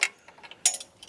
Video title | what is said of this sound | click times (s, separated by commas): Finally, A Lightweight E Bike Rack for Campers, Hunters, and Solo Riders OUTFITR E Bike Rack-Single | You just push it right through there, and then it snaps into place. | 0.7 s